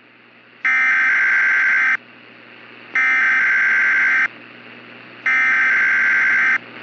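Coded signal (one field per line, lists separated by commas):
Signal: Emergency Alert System (SAME) tones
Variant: header bursts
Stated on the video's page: Simulated EAS scenario for a fictional hailstorm.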